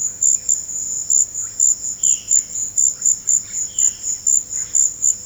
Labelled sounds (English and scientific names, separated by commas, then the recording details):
Violaceous Jay (Cyanocorax violaceus)
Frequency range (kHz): Violaceous Jay (Cyanocorax violaceus) 2.3-3.9 kHz
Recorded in pastures near Puerto Asís, Putumayo, Colombia, on 12 March 2025 at 16:30
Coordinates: 0.502, -76.324
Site GP07